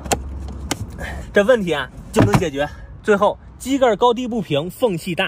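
A small plastic cover plate on a car's cabin air filter housing is pressed back on after a new cabin air filter is pushed in. Its clips snap into place with sharp clicks at 0.1 s and 0.7 s. Afterward someone talks, and the cover is seated.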